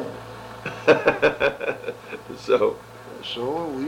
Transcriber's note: chuckles